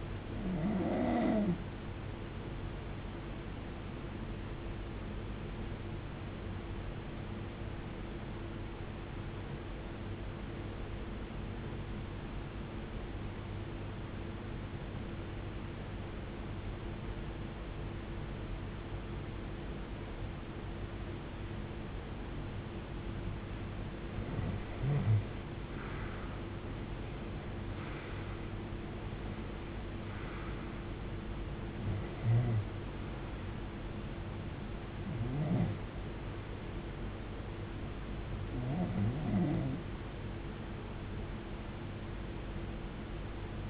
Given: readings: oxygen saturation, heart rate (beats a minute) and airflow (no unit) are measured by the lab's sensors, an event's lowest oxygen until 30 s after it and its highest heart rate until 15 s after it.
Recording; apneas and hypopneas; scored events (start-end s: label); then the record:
breathing in sleep by a voice recorder at the bedside; 1
8.00-24.40 s: obstructive apnea (REM, oxygen 82% highest, then 82% lowest, heart rate 57 at the start, 82 highest)
From the record:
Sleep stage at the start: REM sleep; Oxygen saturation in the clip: 80 to 92%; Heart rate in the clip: 51 to 82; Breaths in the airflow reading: 7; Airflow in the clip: -17.1 to 16.4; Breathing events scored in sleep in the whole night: 389 in 6.3 hours asleep